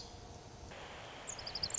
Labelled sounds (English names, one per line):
Pacific Wren